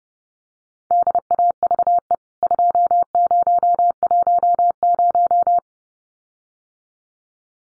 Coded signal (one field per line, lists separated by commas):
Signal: Morse code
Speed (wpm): 30 wpm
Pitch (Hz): 700 Hz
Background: none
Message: DAVE 2010